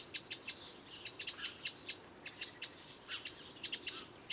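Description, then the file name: Eurasian wren calls, many sharp high ticks in loose, irregularly spaced runs. "Troglodytes troglodytes"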